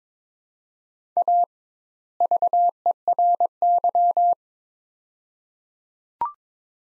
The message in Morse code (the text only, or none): A VERY